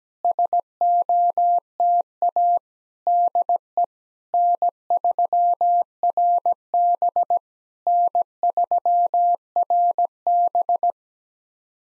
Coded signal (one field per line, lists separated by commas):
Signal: Morse code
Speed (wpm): 17 wpm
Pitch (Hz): 700 Hz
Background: none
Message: SOTA DE N3RB N3RB